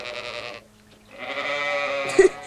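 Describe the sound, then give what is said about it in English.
A human voice imitates a sheep, giving two nasal, wavering bleats: a short one, a brief pause, then a longer, louder bleat that trembles to the end. “… ist vielleicht ein Schaf?”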